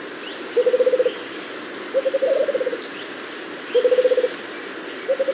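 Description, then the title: Rufous-capped motmot giving low, rapidly pulsed hooting trills, each under a second long, repeated about every one and a half seconds, over steady high insect or bird chirps. "LuckyPassaro Completos2Sama. Rufous-capped Motmot (Baryphthengus ruficapillus)"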